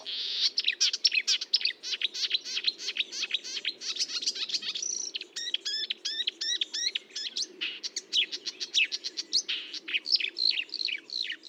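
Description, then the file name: Marsh warbler in continuous varied song: scratchy chatter, repeated twanging notes and rapid ticking phrases run on without pause. Recorded at Fontaine-Française, Fourneau, on 1 June 2022 at 10:55, using a Nagra recorder with a Telinga parabolic microphone. "Rousserolle verderolle 20220601 1055 Fontaine-Francaise-Fourneau-Nagra-Telinga"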